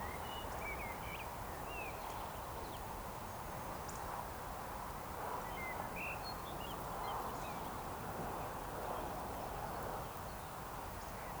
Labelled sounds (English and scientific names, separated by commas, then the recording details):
Eurasian Woodcock (Scolopax rusticola)
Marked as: woodcock, woodcock, woodcock, woodcock
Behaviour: display flight
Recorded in Baden-Württemberg, Germany, on 13 June 2020 at 19:36 UTC
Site 43791, 788 m above sea level